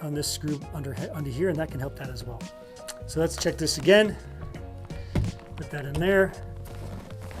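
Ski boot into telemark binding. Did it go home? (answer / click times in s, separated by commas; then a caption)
yes / 7.3 s. A ski boot is pressed into a Bishop BMF telemark binding, and the binding's plastic and metal heel lock engages and flips up on its own. Someone talks over background music and handling sounds. The lock seats with a sharp click at 7.3 s.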